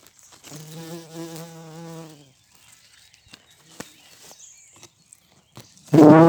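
Bumblebee flight buzz, a low droning hum that wavers for about two seconds and then fades, with scattered clicks and a sudden loud rustle at the end.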